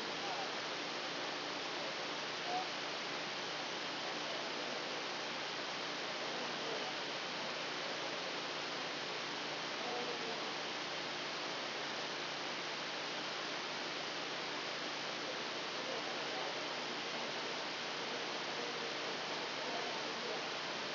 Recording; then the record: brain microelectrode recording played as sound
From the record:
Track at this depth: outside the subthalamic nucleus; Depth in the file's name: 1.113 mm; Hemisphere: left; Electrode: 2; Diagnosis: Parkinson's disease